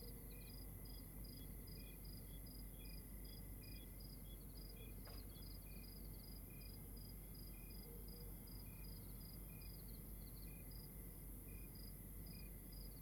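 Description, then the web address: Crickets keep up rapid high chirps in overlapping series over a continuous shrill tone, one sharp click near the middle, low rumble underneath. Outdoors at night in Rwanda. "Monte Sound - Atmospheres of Rwanda AMB External Rwanda Night Crickets"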